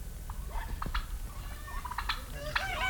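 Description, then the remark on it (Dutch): Turkeys gobble in a chorus of quick, warbling bursts at mid to high pitch, overlapping one another over a low, steady rumble, with no talking, at a rural home kept with chickens and grouse. “Kalkoenen, kippen en korhoenders.”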